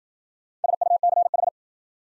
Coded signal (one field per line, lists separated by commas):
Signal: Morse code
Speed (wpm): 53 wpm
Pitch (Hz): 700 Hz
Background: none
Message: SUCH